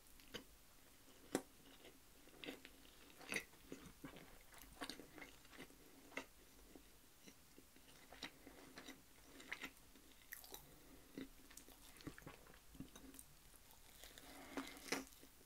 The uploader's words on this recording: ASMR EATING. Drinking Sounds.